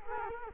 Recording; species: mosquito wingbeat signal from an infrared sensor; Culex quinquefasciatus